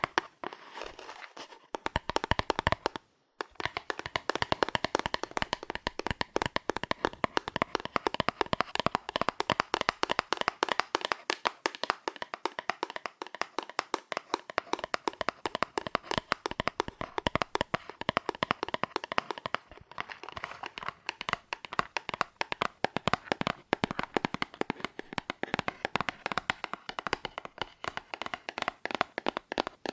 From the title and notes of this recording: ASMR Fast Aggressive Cardboard Tapping (No Talking).